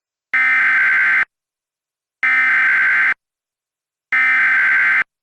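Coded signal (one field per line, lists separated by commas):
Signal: Emergency Alert System (SAME) tones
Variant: header bursts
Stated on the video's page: Reenactment mock of a flash flood warning with valid EAS tones.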